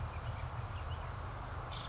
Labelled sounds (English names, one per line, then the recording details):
Nuttall's Woodpecker
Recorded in Sonoma County, California